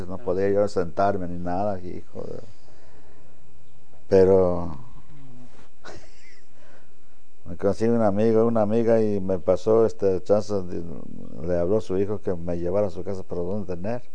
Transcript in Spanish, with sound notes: No podía yo sentarme ni nada, hijo de… Pero (risas) me conseguí un amigo, una amiga y me pasó este, chanza de… Le habló a su hijo que me llevara a su casa para donde tener.